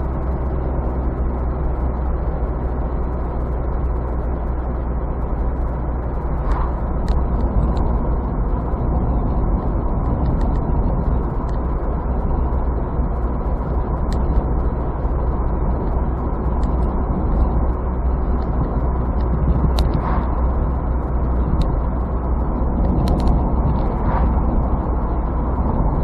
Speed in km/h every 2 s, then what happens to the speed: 65, 64, 64, 63, 63, 63, 65, 65, 66, 66, 65, 64, 63.
0-26 steady at about 64.